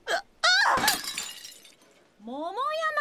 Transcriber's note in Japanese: お皿が割れる